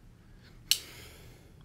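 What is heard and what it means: The blade of a thin Spyderco Chaparral Sun & Moon gentleman's folding knife with a 2.8-inch blade is opened, and its very strong back lock engages in the handle. A single sharp, bright click at 0.7 s rises from near silence and fades quickly, followed by a faint tick near the end. The blade locks into place.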